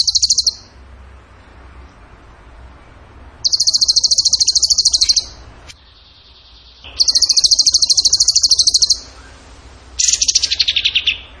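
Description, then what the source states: Bird song in rapid, high, rattling trills of about two seconds each, repeated after pauses. The last burst slides lower. Masteran (training recording for songbirds), in the tembakan gacor song style.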